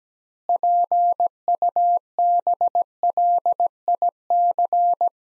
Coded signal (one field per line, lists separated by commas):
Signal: Morse code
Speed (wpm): 17 wpm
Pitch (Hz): 700 Hz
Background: none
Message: PUBLIC